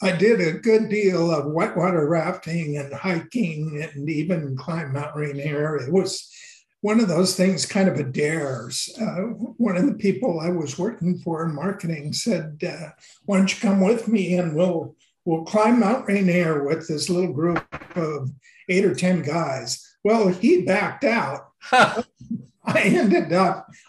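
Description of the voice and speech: Adult man speaking in connected conversational speech, with a voice tremor from essential tremor, which he describes as a handicap that can be heard in his voice.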